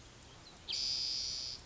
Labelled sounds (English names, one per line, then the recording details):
Spotted Towhee
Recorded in Sonoma County, California